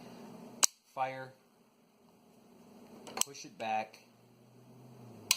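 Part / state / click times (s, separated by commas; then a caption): trigger sear re-engaging the hammer in a rifle trigger group / seated / 5.3 s. A metal trigger in a .223/5.56 drop-in, match-grade, skeletonized 3 lb rifle trigger group is dry-fired with a sharp snap at 0.6 s while someone talks. The trigger is then pushed back forward, and the sear re-engages the hammer with a crisp click at 5.3 s, so the trigger resets.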